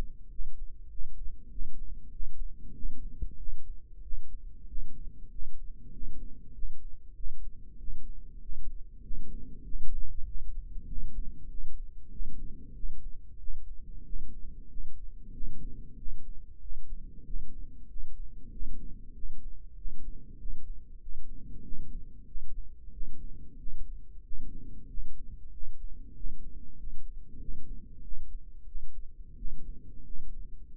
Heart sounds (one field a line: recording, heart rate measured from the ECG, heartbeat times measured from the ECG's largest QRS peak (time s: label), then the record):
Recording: heart sounds by microphone in the right ear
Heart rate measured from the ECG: 95 bpm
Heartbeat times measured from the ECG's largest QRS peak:
0.29 s: heartbeat
0.89 s: heartbeat
1.50 s: heartbeat
2.11 s: heartbeat
2.73 s: heartbeat
3.37 s: heartbeat
4.02 s: heartbeat
4.66 s: heartbeat
5.30 s: heartbeat
5.91 s: heartbeat
6.53 s: heartbeat
7.14 s: heartbeat
7.77 s: heartbeat
8.40 s: heartbeat
9.01 s: heartbeat
9.63 s: heartbeat
10.25 s: heartbeat
10.86 s: heartbeat
11.48 s: heartbeat
12.09 s: heartbeat
12.73 s: heartbeat
13.38 s: heartbeat
14.03 s: heartbeat
14.67 s: heartbeat
15.31 s: heartbeat
15.96 s: heartbeat
16.59 s: heartbeat
17.23 s: heartbeat
17.87 s: heartbeat
18.50 s: heartbeat
19.13 s: heartbeat
19.75 s: heartbeat
20.37 s: heartbeat
20.99 s: heartbeat
21.61 s: heartbeat
22.25 s: heartbeat
22.91 s: heartbeat
23.56 s: heartbeat
24.22 s: heartbeat
24.87 s: heartbeat
25.50 s: heartbeat
26.13 s: heartbeat
26.76 s: heartbeat
27.38 s: heartbeat
28.01 s: heartbeat
28.64 s: heartbeat
29.35 s: heartbeat
30.03 s: heartbeat
30.68 s: heartbeat
From the record:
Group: healthy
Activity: cold pressor test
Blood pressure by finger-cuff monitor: 141/71 mmHg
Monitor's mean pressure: 90 mmHg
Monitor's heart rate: 95 bpm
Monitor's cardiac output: 10.1 L/min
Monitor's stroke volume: 105 mL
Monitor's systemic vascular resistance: 660 dyn s/cm5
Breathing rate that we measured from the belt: 19 breaths a minute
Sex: male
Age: 24 years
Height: 184 cm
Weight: 89 kg